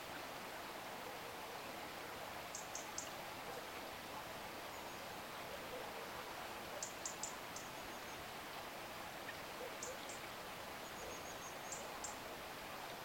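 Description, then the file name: European robin uttering faint, high, short ticking call notes in small groups spaced several seconds apart, with a steady noisy background throughout. "Erithacus rubecula"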